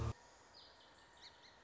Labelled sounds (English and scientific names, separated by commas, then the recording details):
Song Sparrow (Melospiza melodia)
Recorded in Sonoma County, California